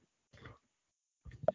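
Two brief, abrupt vocal bursts about one second apart from an adult man, the second ending in a sharp, high catch. These are involuntary hiccups during a bout of hiccups: sudden diaphragm spasms snapped off by the vocal cords closing.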